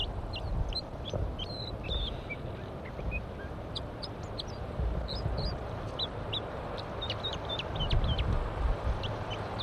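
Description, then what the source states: Crossbill song of brief high chirps and clipped notes, loosely spaced and steady, with a persistent low rumble beneath. Captive bird sings while the observer waits near a nest for wild crossbills.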